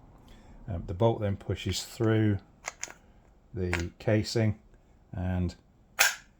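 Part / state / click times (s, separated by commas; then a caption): bolt with O-ring grommet into a motorcycle engine casing / seated / 6.0 s. A greased bolt fitted with a rubber O-ring grommet is pushed through the metal casing of a Honda 400T Dream motorcycle engine while someone talks. A sharp click at 6.0 s marks the grommet O-ring seating in place, nice and tight.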